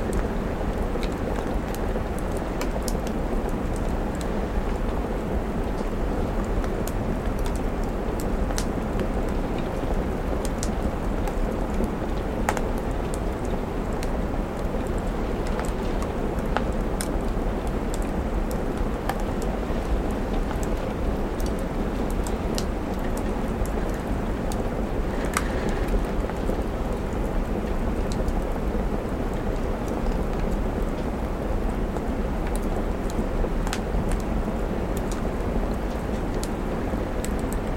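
A crackling fireplace mixes with soft, steady rain on a window. A dense low rumble and hiss hold constant throughout, while sharp small pops and ticks scatter irregularly across the whole recording, a few standing out around the middle.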